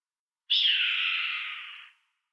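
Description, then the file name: Red-tailed hawk scream: one hoarse, rasping, high-pitched cry lasting about one and a half seconds, slightly falling and fading at the end. "John Neville - Red-Tailed Hawk Buse a Queue Rousse"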